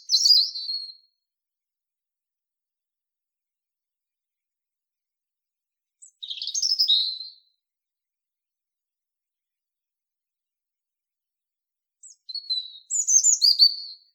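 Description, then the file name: European robin song: three short, high, thin warbled phrases roughly six seconds apart, each one to two seconds long, with silence between. "Erithacus rubecula"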